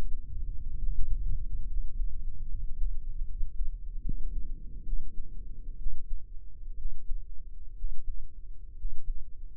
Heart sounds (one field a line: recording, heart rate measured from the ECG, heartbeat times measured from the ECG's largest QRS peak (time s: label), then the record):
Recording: heart sounds by microphone in the right ear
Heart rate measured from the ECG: 68 bpm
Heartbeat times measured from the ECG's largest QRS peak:
0.75 s: heartbeat
1.64 s: heartbeat
2.45 s: heartbeat
3.23 s: heartbeat
4.00 s: heartbeat
4.81 s: heartbeat
5.75 s: heartbeat
6.74 s: heartbeat
7.72 s: heartbeat
8.73 s: heartbeat
From the record:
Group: healthy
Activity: rest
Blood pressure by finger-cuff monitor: 120/75 mmHg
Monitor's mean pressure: 88 mmHg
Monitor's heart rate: 74 bpm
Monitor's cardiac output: 7 L/min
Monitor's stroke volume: 115 mL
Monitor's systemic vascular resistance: 910 dyn s/cm5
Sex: male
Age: 23 years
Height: 178 cm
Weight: 96.6 kg